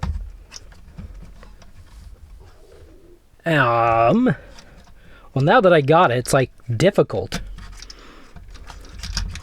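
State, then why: Seated. A plastic head and hood section of a transforming toy car robot is worked by hand, with small plastic handling clicks while someone talks about the part being hard to move. At 9.2 s the part snaps into place with a sharp plastic click, and it is seated.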